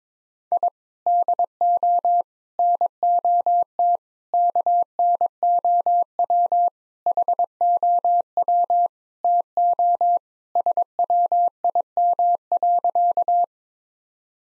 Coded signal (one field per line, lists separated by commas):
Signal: Morse code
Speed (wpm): 21 wpm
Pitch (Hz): 700 Hz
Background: none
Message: I DO NOT KNOW HOW TO SWIM.